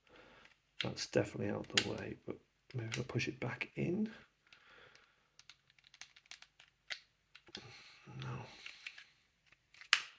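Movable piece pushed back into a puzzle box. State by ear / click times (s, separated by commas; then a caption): seated / 9.9 s. Someone talks while handling a wooden puzzle box, with soft scraping, crinkling and small knocks as a movable piece that had been moved out of the way is pushed back into place. A sharp, loud click at 9.9 seconds marks the piece clicking back in and seating.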